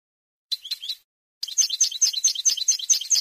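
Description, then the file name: European goldfinch song, opening with a brief twitter, a short pause, then a lively stream of rapid, high tinkling notes. "suara burung chardonneret atau goldfinch eropa om kicau"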